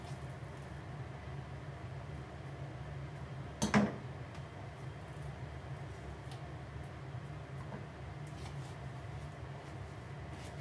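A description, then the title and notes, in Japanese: Cooking sounds: a steady low hum runs throughout, like an appliance or range fan. Near four seconds a single sharp knock or clatter stands out, perhaps a cupboard door or utensil, with faint small clicks scattered elsewhere. 料理の音。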